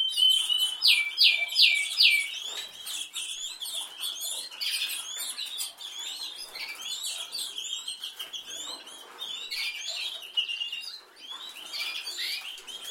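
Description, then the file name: Canary song opening with a loud, rapid rattling trill lasting over a second, then quieter chirps and twitters. "Canary Voice"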